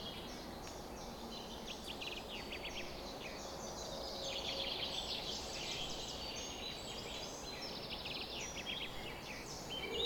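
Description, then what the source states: Birds in a dawn chorus, a busy mix of high chirps, trills and whistles from several singers over a steady hiss. Summer morning bird chorus recorded at 4:40 am.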